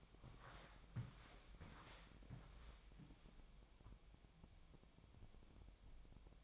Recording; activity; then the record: daily activity, microphone in the room; walk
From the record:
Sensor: 1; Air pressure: 1000.6 hPa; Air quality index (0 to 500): 168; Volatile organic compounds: 4 ppm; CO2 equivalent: 1562 ppm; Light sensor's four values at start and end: 13/31/13/14 and 13/31/13/15